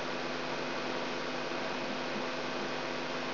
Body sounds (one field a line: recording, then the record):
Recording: brain microelectrode recording played as sound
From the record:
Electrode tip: inside the subthalamic nucleus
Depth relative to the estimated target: 0 mm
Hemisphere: left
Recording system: AlphaMap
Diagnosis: Parkinson's disease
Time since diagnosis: 16 years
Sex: female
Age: 67 years